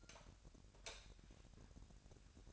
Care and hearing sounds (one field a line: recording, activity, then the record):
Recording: daily activity, microphone in the room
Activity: light off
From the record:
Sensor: 2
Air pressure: 1011.8 hPa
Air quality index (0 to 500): 210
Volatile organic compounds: 3 ppm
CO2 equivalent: 1483 ppm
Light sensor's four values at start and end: 15/38/16/16 and 10/24/10/11